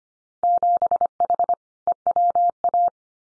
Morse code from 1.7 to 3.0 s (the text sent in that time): EWA